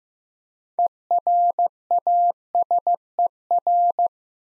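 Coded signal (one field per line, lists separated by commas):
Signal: Morse code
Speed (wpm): 16 wpm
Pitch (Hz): 700 Hz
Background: none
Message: ERASER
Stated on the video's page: Morse code word-copying practice at 15 wpm, using contextual hints to prime the listener.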